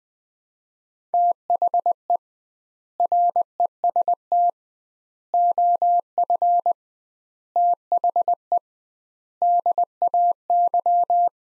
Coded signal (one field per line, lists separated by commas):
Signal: Morse code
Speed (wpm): 20 wpm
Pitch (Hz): 700 Hz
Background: none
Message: THE REST OF THE DAY